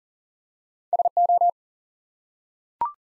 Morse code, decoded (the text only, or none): SO